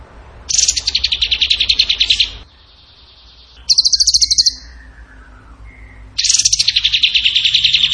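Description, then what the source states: Bird song in rapid buzzy trilled bursts, three loud bursts of a second or more with a thin whistled note and a soft descending slur between them. Bird training (masteran) song in the tembakan gacor style.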